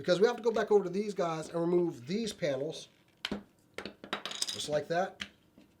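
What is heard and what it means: Someone talks while handling a plastic Power Rangers Legacy Thunder Megazord toy robot, working toward rotating its Zord Builder port pegs back up. After the speech, a few sharp plastic clacks and rattles come from the handling. Nothing has seated or clicked into place yet when the clip ends.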